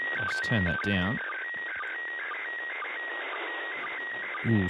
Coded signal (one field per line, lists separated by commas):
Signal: SSTV (slow-scan television)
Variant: PD 120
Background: speech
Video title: Using a RTL SDR Dongle to receive pictures from the ISS! | Software Defined Radio